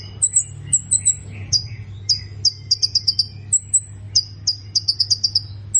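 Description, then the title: Plain prinia uttering thin, very high twittering notes and short buzzy bursts in irregular groups, with a steady low hum in the background. "Ciblek Sawah"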